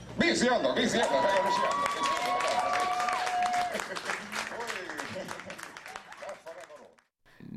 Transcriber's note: laughter; italian gibberish; applause